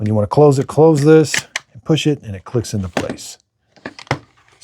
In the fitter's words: it clicks into place.